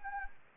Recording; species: mosquito wingbeat signal from an infrared sensor; Anopheles gambiae